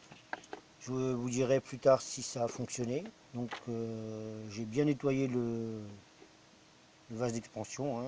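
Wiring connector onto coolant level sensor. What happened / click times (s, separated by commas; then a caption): The plastic connector clicks onto the sensor / 0.3 s, 0.5 s. An electrical wiring connector is plugged onto the coolant level sensor of a 1998 Peugeot 806, whose expansion tank has been cleaned, giving sharp plastic clicks at 0.3 s and 0.5 s. The connector seats, and someone talks throughout.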